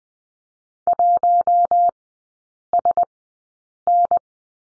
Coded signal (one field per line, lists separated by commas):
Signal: Morse code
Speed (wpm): 20 wpm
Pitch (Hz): 700 Hz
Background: none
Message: 1SN